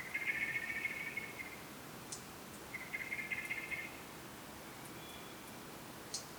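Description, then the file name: Common blackbird making two rasping, buzzy calls, with a few faint clicks afterwards. "Turdus merula"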